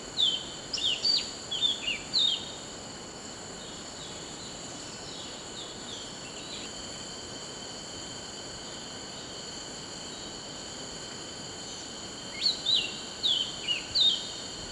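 Yellow-throated white-eye giving thin, high chipping notes in short clusters at the start and end, over steady buzzing insect drones.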